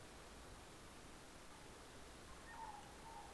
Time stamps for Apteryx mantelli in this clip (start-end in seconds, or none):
none